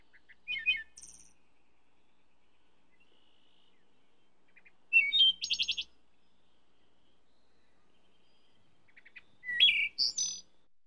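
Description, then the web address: Thrush song delivered as three brief bursts of clear whistles mixed with high chattering notes, each phrase different, spaced roughly four to five seconds apart against silence. "дрозд"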